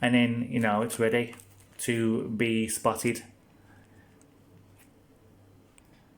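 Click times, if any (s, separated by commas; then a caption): 5.8 s. Someone talks for the first three seconds, then a plastic case piece is pressed down onto one side of an Honor Magic V3 folding phone. After a quiet stretch with a faint tick at about 4.2 s, a short, sharp snap at 5.8 s marks that side of the case seating in place.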